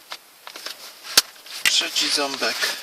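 The third plastic retaining tab of the gear shift boot frame on a Volvo S80 MK1 is pressed into the centre console during a shift boot replacement. It snaps in with a loud, sharp click at 1.2 s, followed by another sharp snap at about 1.7 s. Someone talks afterward, and the tab is seated.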